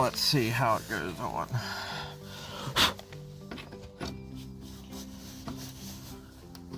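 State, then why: Not seated. Someone talks while a fuel line quick-connect coupling is handled at the rear tank fuel pump sender fitting of an OBS Ford F-150, being pushed toward the fitting. Light rubbing and a few short taps are heard. Nothing has seated or clicked yet.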